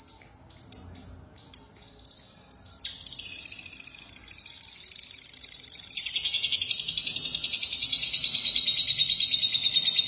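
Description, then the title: Lovebird giving three sharp high chirps, then breaking into a long, fast buzzy trill that gets louder partway through and runs on without pause. "BM Suara Burung Lovebird"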